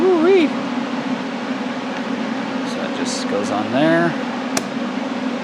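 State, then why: Seated. A 3D printed, flocked case lid is put onto a case holding experimental plunger shotgun slugs while someone talks over a steady background hum. It snaps into place with a single sharp plastic click at 4.6 s, and the lid is seated.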